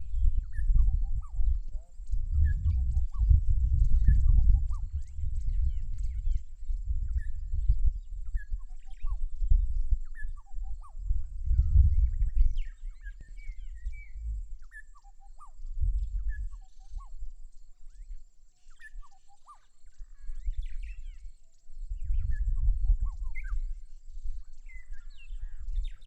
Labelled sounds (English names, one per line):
Black-headed Gonolek